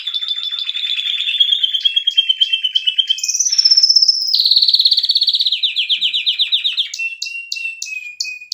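Canary singing continuously: a rapid descending trill, a high sweeping roll, then fast repeated chopped notes and a steady trill, all loud and bright.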